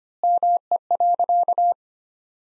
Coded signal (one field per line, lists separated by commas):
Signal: Morse code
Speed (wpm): 25 wpm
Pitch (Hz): 700 Hz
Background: none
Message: ME.